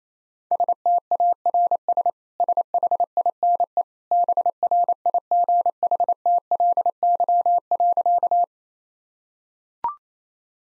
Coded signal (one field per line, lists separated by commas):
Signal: Morse code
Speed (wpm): 27 wpm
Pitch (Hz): 700 Hz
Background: none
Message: STARS SHINE BRIGHTLY.